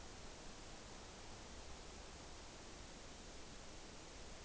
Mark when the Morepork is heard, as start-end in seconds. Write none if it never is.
none